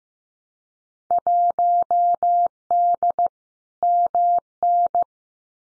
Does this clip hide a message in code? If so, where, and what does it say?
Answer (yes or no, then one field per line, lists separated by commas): yes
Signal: Morse code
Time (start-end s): 1.1-5.0 s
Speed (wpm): 15 wpm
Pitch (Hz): 700 Hz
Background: none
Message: 1D MN